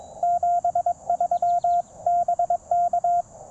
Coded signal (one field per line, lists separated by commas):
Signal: Morse code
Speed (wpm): 22 wpm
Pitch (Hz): 700 Hz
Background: radio noise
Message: 73 BK